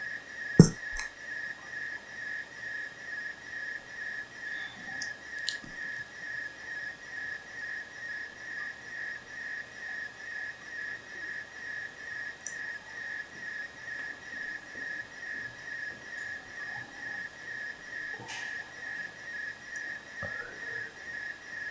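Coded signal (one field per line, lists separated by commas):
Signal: RTTY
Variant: SITOR-A ARQ, 100 baud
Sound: rapid warbling two-tone chirps near 1.8 kHz, repeating in short regular bursts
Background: radio static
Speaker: seguimos viendo el gs unidades a 2 se está transmitiendo perfectamente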